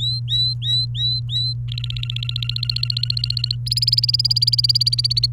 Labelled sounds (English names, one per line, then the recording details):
Domestic Canary song
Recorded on 28 April 2018 at 17:09
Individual llb3